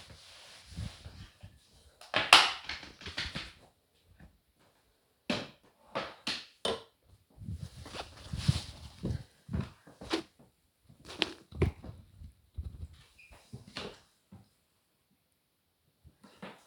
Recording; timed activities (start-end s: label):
household activities, microphone on the right wrist
0.00-9.78 s: floor cleaning